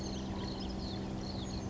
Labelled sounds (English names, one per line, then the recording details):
Oak Titmouse
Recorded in Sonoma County, California